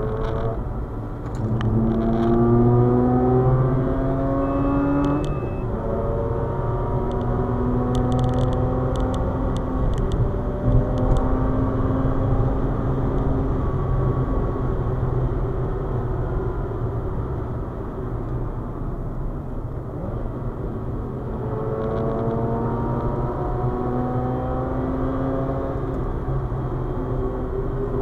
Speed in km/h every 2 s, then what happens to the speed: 102, 120, 132, 145, 147, 154, 149, 134, 118, 99, 99, 111, 117, 111.
0-10 speeds up to 154. 10-18 brakes to 99. 20-23 speeds up to 117.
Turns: none.